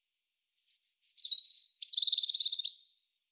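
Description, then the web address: European robin phrase beginning with thin, high whistles and ending in a rapid, buzzy, evenly pulsed trill of about a second. "SETE Erithacus rubecula"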